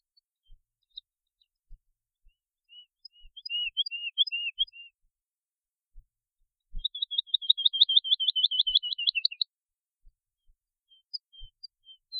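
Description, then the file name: Woodlark song with a wavering series of soft notes, then a loud, rapid run of repeated notes slurring downward, and a few faint closing notes. "trädlärka"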